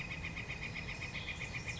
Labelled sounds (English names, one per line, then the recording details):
Northern Flicker
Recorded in Sonoma County, California